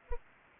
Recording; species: mosquito wingbeat signal from an infrared sensor; Anopheles arabiensis